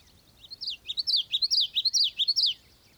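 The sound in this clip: Bird singing a quick series of bright, wavering whistles, each note rising then falling, repeated steadily for about two seconds.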